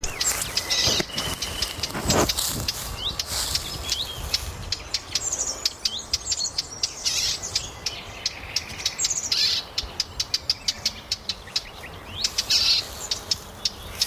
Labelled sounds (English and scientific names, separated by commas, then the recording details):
Eurasian Blackcap (Sylvia atricapilla) alarm call
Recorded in the wild
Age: adult
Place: Mühlenbecker Land, OT Buchhorst, Naturpark Barnim, Brandenburg, DE
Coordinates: 52.6736, 13.3908
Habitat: pond
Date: 1988-05-01 11:54
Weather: sunny, 17-25°C
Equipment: Nagra SN, Kopie Tesla B 116
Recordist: Tembrock, Günter